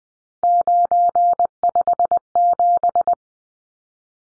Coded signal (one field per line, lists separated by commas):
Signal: Morse code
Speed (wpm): 20 wpm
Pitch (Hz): 700 Hz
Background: none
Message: 957